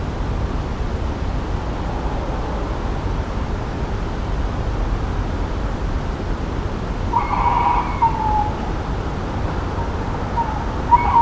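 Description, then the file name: Tawny owl: one rough hoot with a short falling tail late, then another brief note at the very end, under steady low background noise. "Strix aluco - Tawny Owl"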